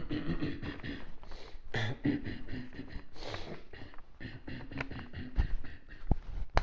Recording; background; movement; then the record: throat clearing; quiet; walking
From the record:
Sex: male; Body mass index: 23.7 kg/m2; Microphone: on the chest, facing outward